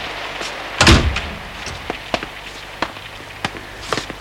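A cabin door swings shut with one heavy, booming thud as someone goes back into a heated room, then a series of light, scattered clicks and taps follow at uneven intervals, like soft footsteps or small knocks.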